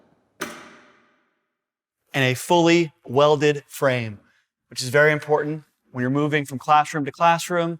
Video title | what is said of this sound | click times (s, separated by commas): Shift+ Transfer (Curved) VS Product Demo | locking casters to lock into place | 0.4 s